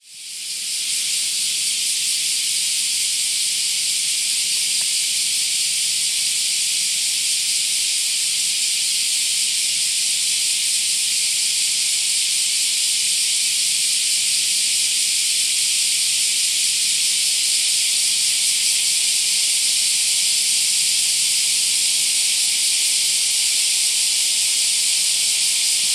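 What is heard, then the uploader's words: Cicadas buzz in a dense, unbroken drone that fades in over the first second, then holds steady and loud for the rest of the clip. The sound is high and hissing, with no pauses or pulses, and only a faint low murmur beneath it. Buzz of the Cicada.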